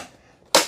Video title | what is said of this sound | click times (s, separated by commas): Shark AI Ultra Robot Vacuum with Self Empty Base Blue UR2500SR UNBOXING & SET UP $171 | make sure each one of those tabs snap into place | 0.6 s